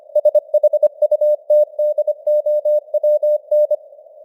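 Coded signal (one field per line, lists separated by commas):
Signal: Morse code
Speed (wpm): 25 wpm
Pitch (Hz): 600 Hz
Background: none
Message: SHUTDOWN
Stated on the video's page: Computer-generated Morse news headlines at 25 wpm with simulated radio noise and varying signal strength (QSB).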